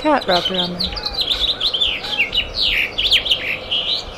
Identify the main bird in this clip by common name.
House Finch